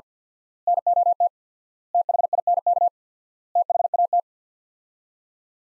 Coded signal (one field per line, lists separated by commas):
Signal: Morse code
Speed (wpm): 50 wpm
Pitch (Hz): 700 Hz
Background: none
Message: NOT THINK THAT